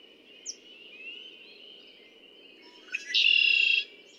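Red-winged blackbird song: a brief sharp note followed by a loud, buzzy, rasping trill lasting under a second, over a steady high-pitched background drone.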